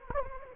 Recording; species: mosquito wingbeat signal from an infrared sensor; Anopheles gambiae